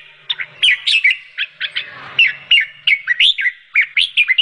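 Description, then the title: Sooty-headed Bulbul singing short, lively whistled and chirped notes in quick bursts, some slurred downward, with brief pauses between clusters. "Suara Burung Kutilang"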